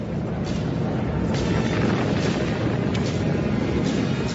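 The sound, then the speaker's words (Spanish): A deep, continuous explosion rumble roars steadily throughout, dense low-end boom with a few faint crackling surges rising and falling, loud and unbroken, with no voices. “Las pruebas de la bomba atómica de 1945 demuestran que la explosión de un asteroide tiene la capacidad de generar enorme calor y energía.”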